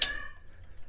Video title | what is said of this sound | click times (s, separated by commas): BOB Gear Revolution Flex 3.0 Jogging Stroller | forward, it'll lock in. | 0.0 s